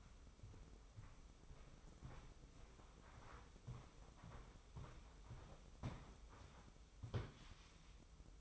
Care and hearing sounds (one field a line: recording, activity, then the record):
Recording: daily activity, microphone in the room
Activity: walk to room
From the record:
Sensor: 1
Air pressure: 995.6 hPa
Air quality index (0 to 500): 38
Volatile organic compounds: 1 ppm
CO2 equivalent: 639 ppm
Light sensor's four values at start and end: 30/105/40/42 and 29/101/39/40